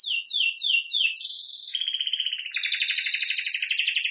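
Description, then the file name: Canary song opening with four descending swept notes, then flowing into a bright buzzy roll and a fast, evenly pulsed trill. "Canary Voice"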